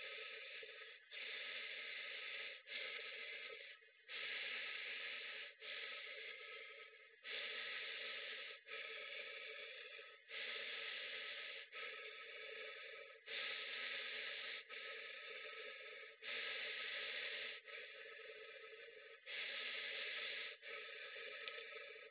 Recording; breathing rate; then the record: paced breathing near a phone; 20 breaths a minute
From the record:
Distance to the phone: 20 cm